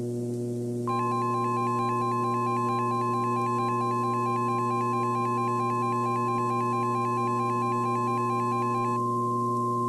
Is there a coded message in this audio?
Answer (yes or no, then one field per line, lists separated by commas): no